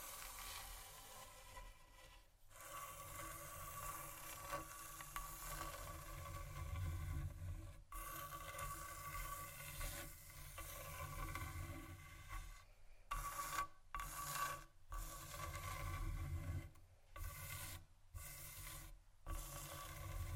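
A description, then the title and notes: Scratching and rubbing on a table surface, a dense rasping texture with a low rumble, broken by brief silent gaps, especially toward the end. Tap & Scratch On Table Surfaces.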